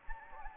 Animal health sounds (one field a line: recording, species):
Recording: mosquito wingbeat signal from an infrared sensor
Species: Anopheles gambiae